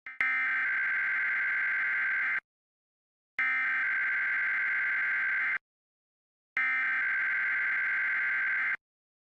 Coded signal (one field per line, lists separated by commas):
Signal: Emergency Alert System (SAME) tones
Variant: header bursts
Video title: All EAS alerts I played on WXRchive on iPad Air 2